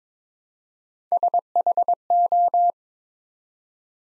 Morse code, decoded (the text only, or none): SHO